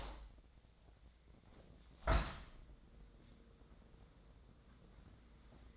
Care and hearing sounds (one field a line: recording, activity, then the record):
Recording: daily activity, microphone in the room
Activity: open window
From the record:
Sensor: 3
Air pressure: 1012.3 hPa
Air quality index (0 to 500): 141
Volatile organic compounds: 2 ppm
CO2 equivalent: 1091 ppm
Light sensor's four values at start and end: 316/772/322/318 and 311/759/317/314